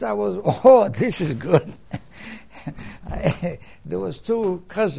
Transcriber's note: laughs